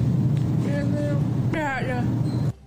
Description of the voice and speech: What's The Deaf Person Saying? It's a type of, it's a brand of butter. Blue Bonnet.